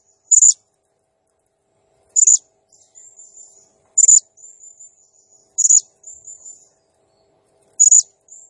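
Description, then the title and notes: Blue-crowned hanging parrot song: sharp, very high shrill notes repeated roughly every two seconds, with thin, faint twittering trills between them. Serindit in full, active song (gacor, 'nembak' style), used as a masteran training sound and lure for other birds. "Burung Serindit Nembak Gacor Bikin Emosi Semua Burung. Suara Nasteran Dan Pemikat Burung Serinditan Gacor"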